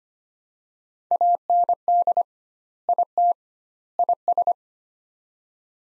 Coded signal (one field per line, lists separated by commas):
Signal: Morse code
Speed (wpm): 25 wpm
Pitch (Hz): 700 Hz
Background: none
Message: AND IT IS